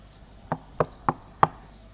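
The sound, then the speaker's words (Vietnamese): Four sharp knocks on a room door, evenly spaced with a slight pause before the last, which lands a bit louder; no voices, just a quiet background hiss. “Đột nhiên cửa phòng bị gõ.”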